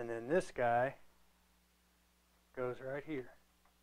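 During reassembly after cleaning, the cleaned lens housing of an Epilog Legend EXT laser cutter head is handled at its mount on the head carriage, where it will lock into place before being tightened down. Someone talks in two short bursts over a faint steady low hum, with no sharp sounds. Nothing has seated or clicked yet.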